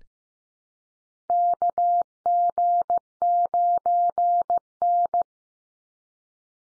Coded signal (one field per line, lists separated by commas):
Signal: Morse code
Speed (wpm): 15 wpm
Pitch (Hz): 700 Hz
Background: none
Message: KG9N